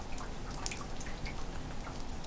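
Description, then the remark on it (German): Water drips irregularly into rain barrels, with bright, scattered plinks and splashes over a steady low wash of background noise; no voices. “Und die Tonnen füllen sich mit dem schönen matten Wasser.”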